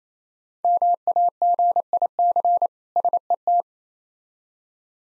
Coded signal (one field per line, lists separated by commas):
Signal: Morse code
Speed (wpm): 27 wpm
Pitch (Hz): 700 Hz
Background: none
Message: MAGIC SET